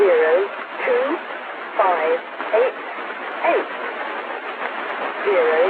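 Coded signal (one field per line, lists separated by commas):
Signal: numbers station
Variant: Lincolnshire Poacher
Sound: synthetic voice reading single digits, evenly spaced, over shortwave hiss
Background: radio static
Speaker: one notorious example is the Lincolnshire poacher for our listeners out there here's a sample of said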